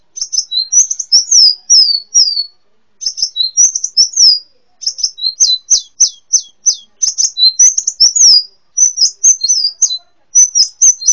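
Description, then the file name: Brown-throated sunbird song: high twittering phrases of chips and slurred whistles, repeated in bursts separated by short silences. "kolibri muncang. omkicau"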